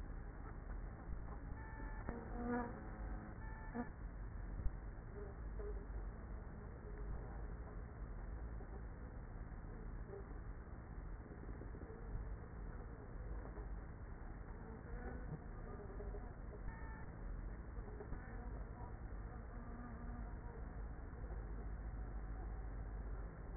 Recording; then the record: honeybee colony, microphone inside the hive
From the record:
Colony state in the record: queenless with a low population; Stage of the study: after two queens were removed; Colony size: about 30,000 bees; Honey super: no